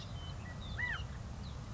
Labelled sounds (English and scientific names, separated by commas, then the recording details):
California Quail (Callipepla californica)
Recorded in Sonoma County, California